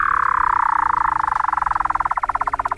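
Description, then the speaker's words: Weddell seal trill, an otherworldly pulsed call gliding steadily downward in pitch, its pulses growing slower and more distinct over almost three seconds, with low tonal hums underneath. Otherworldly vocalizations of Weddell seals in Antarctica. "Also, these otherworldly sounds you're hearing are not the flourishes of a DJ, but the vocalizations of our Weddell Seal allies in Antarctica, which are made available to download as ringtones at WeddellSealScience.com."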